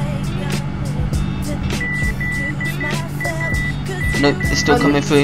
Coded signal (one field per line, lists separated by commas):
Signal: Morse code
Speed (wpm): 12 wpm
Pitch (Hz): 2000 Hz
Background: speech, music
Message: ZAG